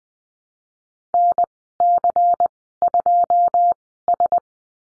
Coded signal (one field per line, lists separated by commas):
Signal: Morse code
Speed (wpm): 20 wpm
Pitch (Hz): 700 Hz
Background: none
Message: NC2S